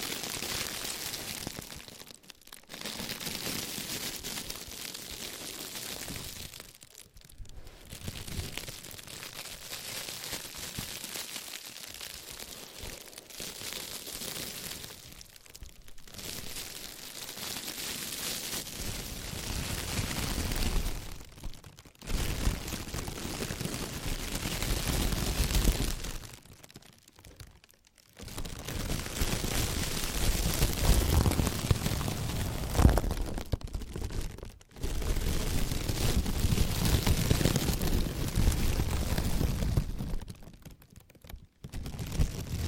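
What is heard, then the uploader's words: Soft crinkling continues in long dense stretches, broken every few seconds by brief silent pauses, growing louder and fuller after about twenty seconds. ASMR Slow & Gentle Crinkle Triggers. (No Talking).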